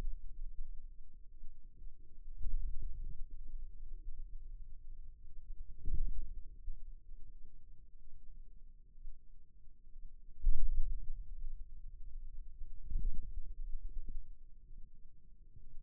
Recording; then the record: forearm muscle sounds (acoustic myography)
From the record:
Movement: hand closing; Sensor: system 2, bracelet of six BSWA MPA416 microphones around the upper forearm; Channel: 1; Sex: male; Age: 22 years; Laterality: right